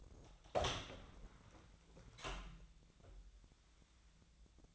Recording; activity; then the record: daily activity, microphone in the room; open door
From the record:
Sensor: 3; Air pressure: 1009.2 hPa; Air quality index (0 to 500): 202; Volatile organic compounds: 4 ppm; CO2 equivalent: 1627 ppm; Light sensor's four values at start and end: 42/111/48/48 and 42/112/48/48